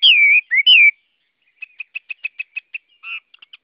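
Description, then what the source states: Chinese hwamei song, three loud slurred whistles followed by a series of soft, evenly spaced short notes and a brief burst. Song in the style called "giọng rừng" (forest voice).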